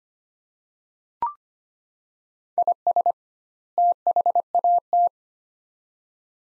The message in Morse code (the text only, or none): IS THAT